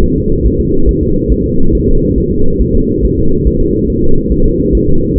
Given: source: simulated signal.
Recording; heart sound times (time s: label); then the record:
fetal heart sounds
0.04 s: S1
0.18 s: S2
0.47 s: S1
0.60 s: S2
0.89 s: S1
1.03 s: S2
1.32 s: S1
1.46 s: S2
1.75 s: S1
1.89 s: S2
2.18 s: S1
2.32 s: S2
2.62 s: S1
2.75 s: S2
3.05 s: S1
3.19 s: S2
3.47 s: S1
3.61 s: S2
3.90 s: S1
4.04 s: S2
4.32 s: S1
4.46 s: S2
4.75 s: S1
4.89 s: S2
5.18 s: S1
From the record:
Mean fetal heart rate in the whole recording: 140 bpm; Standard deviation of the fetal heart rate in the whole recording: 2 bpm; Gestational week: 34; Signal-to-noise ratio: -19.1 dB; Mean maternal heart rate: 72 bpm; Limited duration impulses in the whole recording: present